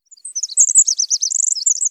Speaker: Pacific Wren is having a tough time staying faithful, at least in Seattle.